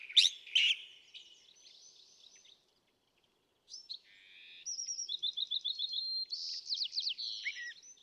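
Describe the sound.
California thrasher, loud harsh notes, then thin whistles, a short silence, and a run of rapid repeated chirps and slurred phrases.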